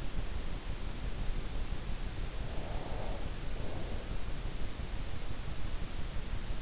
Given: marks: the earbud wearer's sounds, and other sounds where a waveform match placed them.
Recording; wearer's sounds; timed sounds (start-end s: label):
sounds in sleep by an in-ear microphone; breath
1.70-4.27 s: breath